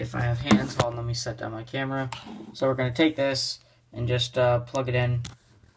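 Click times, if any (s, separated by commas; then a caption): none. Someone talks while handling a Turtle Beach X42 headset controller cable plug and a 2.5 mm female to 3.5 mm male jack adapter, getting ready to plug them together, with a steady low hum underneath. Nothing has seated or clicked yet.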